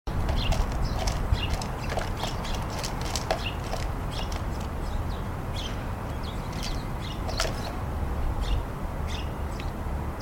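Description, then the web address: House sparrows chirping, short sharp chirps scattered steadily throughout over a constant low rumble. House sparrows chirping briskly at a bird feeder. "house sparrows passer domesticus briskly chirping at the bird feeder"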